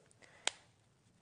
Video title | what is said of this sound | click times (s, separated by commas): HobbyMaker Live | you'll hear it click | 0.5 s